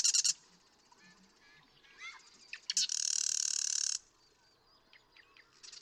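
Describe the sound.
Marsh Wren: a brief trill opens, then gurgling notes lead into a long, dense, buzzy rattle, and another song begins at the end.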